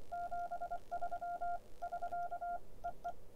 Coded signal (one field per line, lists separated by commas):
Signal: Morse code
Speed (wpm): 24 wpm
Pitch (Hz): 700 Hz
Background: none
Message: 73 <SK> EE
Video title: G0PNM's Keys #21 The Begali Signature